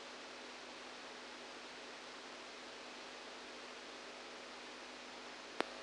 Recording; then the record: brain microelectrode recording played as sound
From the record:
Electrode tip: outside the subthalamic nucleus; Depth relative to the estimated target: -8 mm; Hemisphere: right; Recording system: NeuroSet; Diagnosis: Parkinson's disease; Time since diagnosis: 7 years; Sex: male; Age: 69 years